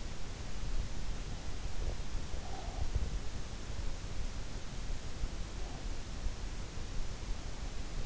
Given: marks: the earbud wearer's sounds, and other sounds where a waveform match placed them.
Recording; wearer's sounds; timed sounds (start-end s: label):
sounds in sleep by an in-ear microphone; breath
1.86-3.48 s: breath